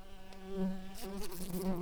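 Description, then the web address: Common carder bee flight buzz, a steady low droning hum with rich harmonics that wavers slightly in pitch, with some brief rustling noise in the second half. Worker bumblebees. "bumblebees sounds Pascuorum-workers"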